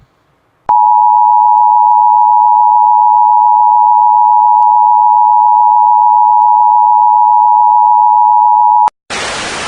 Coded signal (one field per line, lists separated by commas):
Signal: Emergency Alert System (SAME) tones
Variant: 853 and 960 Hz attention tone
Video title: Emergency alert system - Thunderstorm warning